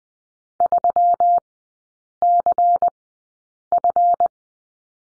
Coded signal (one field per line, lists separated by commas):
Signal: Morse code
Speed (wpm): 20 wpm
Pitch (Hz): 700 Hz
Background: none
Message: 3CF